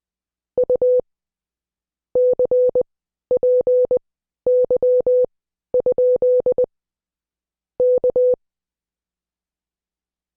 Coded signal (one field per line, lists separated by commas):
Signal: Morse code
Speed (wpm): 20 wpm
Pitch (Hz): 500 Hz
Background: none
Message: U CPY? K